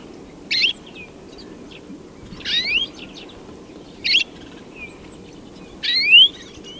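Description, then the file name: European greenfinch giving four upward-sweeping whistled calls, each opening with a short buzzy burst, spaced a couple of seconds apart. "Chloris chloris"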